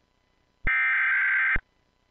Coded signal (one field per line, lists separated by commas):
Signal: Emergency Alert System (SAME) tones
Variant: header bursts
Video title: EAS - Contra Costa, CA Tornado Warning (Recreation)